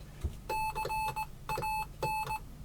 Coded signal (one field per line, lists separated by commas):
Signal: Morse code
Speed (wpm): 19 wpm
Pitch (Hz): 870 Hz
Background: none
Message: CAN